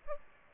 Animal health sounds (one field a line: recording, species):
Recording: mosquito wingbeat signal from an infrared sensor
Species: Aedes aegypti